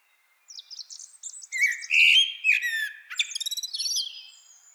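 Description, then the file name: Eurasian blackbird song beginning with thin high notes, swelling into a mellow fluty warble, then a rapid chattering, metallic twitter at the close. "Turdus merula"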